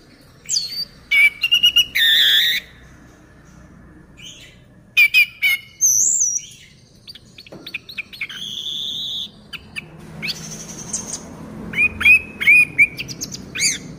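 Orange-headed thrush with a varied song of chirps, buzzy notes and short whistles, delivered in scattered bursts throughout, against faint background noise.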